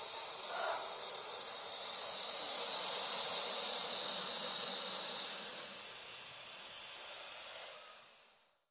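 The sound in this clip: Snake giving a long, airy hiss, strongest in the middle, then easing to a softer breath before fading out completely near the end.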